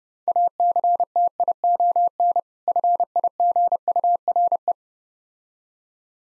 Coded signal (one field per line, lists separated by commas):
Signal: Morse code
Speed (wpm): 32 wpm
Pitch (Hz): 700 Hz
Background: none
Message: ACTION FIGURE